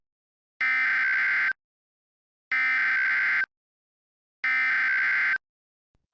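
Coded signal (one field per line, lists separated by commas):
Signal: Emergency Alert System (SAME) tones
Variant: header bursts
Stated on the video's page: Fictional EAS scenario; the alert is simulated.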